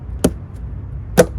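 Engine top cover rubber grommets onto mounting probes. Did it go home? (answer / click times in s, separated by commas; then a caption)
yes / 0.2 s. An engine top cover, a plastic top cap, on a Chrysler Pacifica is pressed down so its rubber inserts seat onto the plastic mounting probes. A sharp snap at 0.2 s marks the cover clicking and locking into place, followed by a second, similar snap at about 1.2 s. The cover is seated.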